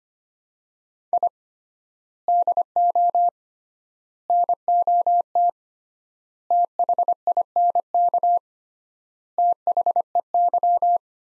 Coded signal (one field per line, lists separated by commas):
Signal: Morse code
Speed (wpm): 25 wpm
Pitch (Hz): 700 Hz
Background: none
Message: I DO NOT THINK THEY